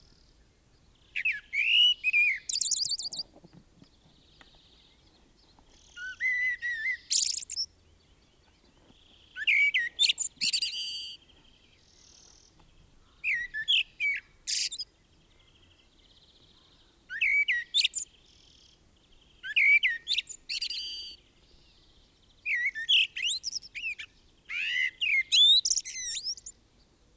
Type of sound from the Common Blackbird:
song